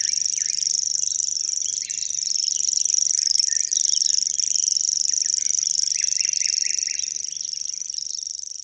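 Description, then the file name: Common grasshopper warbler giving an unbroken high mechanical reel, steady throughout, while other small birds twitter softly in the background. "Locustelle tachetee"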